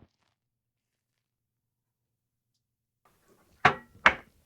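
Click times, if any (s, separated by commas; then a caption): 3.6 s, 4.1 s. A graphics card is pushed down into a motherboard PCIe slot until the slot latch engages. After near silence, two loud, sharp clicks ring out at 3.6 s and 4.1 s, and the card is seated and clipped in.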